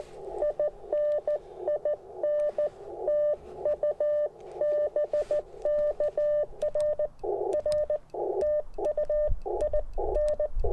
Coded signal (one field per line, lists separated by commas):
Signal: Morse code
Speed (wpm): 20 wpm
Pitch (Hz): 600 Hz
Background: none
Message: IN IN TU BK R R TU IN